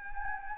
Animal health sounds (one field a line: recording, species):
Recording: mosquito wingbeat signal from an infrared sensor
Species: Anopheles gambiae